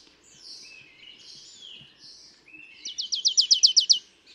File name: Poecile palustris